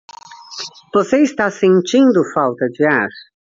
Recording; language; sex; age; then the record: short text; Brazilian Portuguese; female; 60 to 69 years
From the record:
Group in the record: control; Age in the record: 62 years